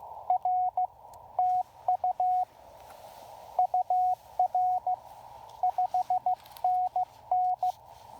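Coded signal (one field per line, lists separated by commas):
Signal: Morse code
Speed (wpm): 17 wpm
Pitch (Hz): 690 Hz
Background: radio noise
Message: R TU UR 5NN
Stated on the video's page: CW Parks on the Air activation at Lake James with a Yaesu FT-817ND and no antenna tuner.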